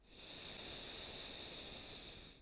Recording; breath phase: one breath near a microphone; exhalation